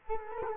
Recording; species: mosquito wingbeat signal from an infrared sensor; Culex quinquefasciatus